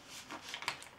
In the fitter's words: That's pretty well locked.